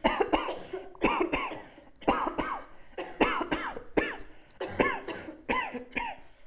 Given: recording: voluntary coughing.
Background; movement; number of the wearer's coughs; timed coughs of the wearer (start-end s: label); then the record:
a bystander coughing; sitting; 12
0.02-0.29 s: cough
0.30-0.63 s: cough
1.01-1.27 s: cough
1.31-1.63 s: cough
2.05-2.33 s: cough
2.36-2.68 s: cough
3.18-3.46 s: cough
3.49-3.81 s: cough
3.94-4.26 s: cough
4.77-5.02 s: cough
5.47-5.73 s: cough
5.94-6.24 s: cough
From the record:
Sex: female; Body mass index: 36.4 kg/m2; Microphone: on the chest, facing outward